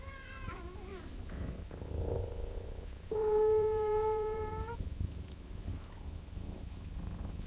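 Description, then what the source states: Cat with a short meow at the start, then a longer steady meow in the middle, both over a soft low rumble. Gently meowing in long intervals.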